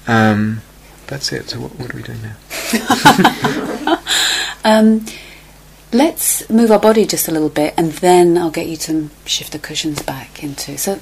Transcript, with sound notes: That's it. So what are we doing now? [laughter]
Let's move our body just a little bit, and then I'll get you to shift the cushions back into